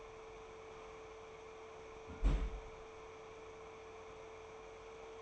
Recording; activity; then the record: daily activity, microphone in the room; close fridge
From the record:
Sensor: 1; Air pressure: 1015.0 hPa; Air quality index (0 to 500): 194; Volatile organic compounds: 22 ppm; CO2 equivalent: 2742 ppm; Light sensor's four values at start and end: 31/77/33/39 and 31/77/33/40